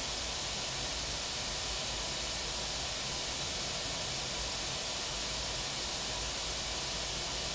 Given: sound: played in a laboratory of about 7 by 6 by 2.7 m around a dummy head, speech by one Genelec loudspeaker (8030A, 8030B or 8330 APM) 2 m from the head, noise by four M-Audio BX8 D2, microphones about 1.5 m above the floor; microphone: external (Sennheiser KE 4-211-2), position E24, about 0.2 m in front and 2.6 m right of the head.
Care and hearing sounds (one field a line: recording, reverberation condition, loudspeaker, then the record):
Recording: white noise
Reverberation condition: low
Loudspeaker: four, about 170 cm from the corners of the room and facing them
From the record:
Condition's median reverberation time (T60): about 310 ms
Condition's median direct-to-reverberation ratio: about 3.5 dB